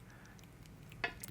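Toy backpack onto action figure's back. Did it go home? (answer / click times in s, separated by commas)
yes / 1.0 s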